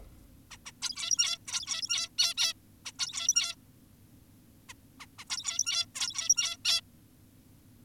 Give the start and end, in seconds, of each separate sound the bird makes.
0.51-0.57, 0.66-0.72, 0.82-1.38, 1.47-2.09, 2.18-2.34, 2.38-2.54, 2.86-2.92, 2.99-3.56, 4.69-4.74, 5.00-5.06, 5.19-5.24, 5.30-5.86, 5.95-6.57, 6.65-6.81